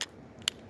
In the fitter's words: and it'll click